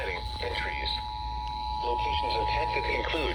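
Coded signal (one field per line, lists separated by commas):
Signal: Emergency Alert System (SAME) tones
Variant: 853 and 960 Hz attention tone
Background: speech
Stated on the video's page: Severe Thunderstorm Warning received from FM radio and NOAA weather radio stations, recorded with an iPhone 14.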